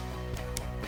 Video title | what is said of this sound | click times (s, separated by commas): Back To The Basics Vol. 5 - Revolvers | push that round in snaps right into place | 0.4 s, 0.6 s